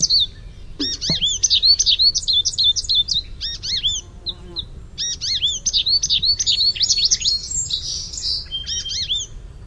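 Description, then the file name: American goldfinch contact song, long runs of bright twittering and sweet slurred notes with brief gaps, continuing through most. "Sweeet" contact call and contact song. "AMGO contact song sweeet"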